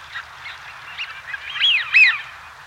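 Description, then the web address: Wigeon flock calling: low background chatter building to two prominent rising-falling whistles in the final second. Large flock of wigeon at a pool. "BBC Ducks"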